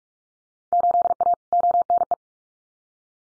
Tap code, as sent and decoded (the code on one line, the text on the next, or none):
none